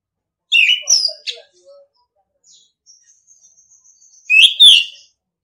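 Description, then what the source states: Orange-headed thrush song: a varied whistled phrase, a thin high held note in the pause, then another loud whistled burst. Training recording (masteran) in the singing style called ngeplong.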